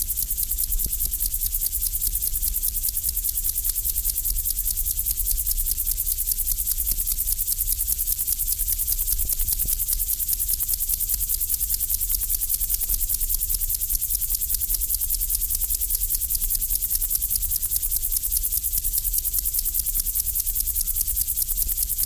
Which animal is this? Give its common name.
Upland Field Grasshopper